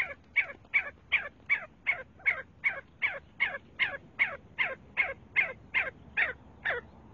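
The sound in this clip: See-see partridge calling in a fast, regular series of loud, down-slurred notes, nearly three each second, with little else audible.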